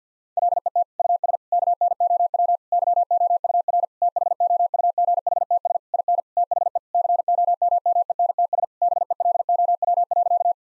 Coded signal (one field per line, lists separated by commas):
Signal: Morse code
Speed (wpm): 50 wpm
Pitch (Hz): 700 Hz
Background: none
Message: LET US KNOW YOUR THOUGHTS IN THE COMMENTS BELOW.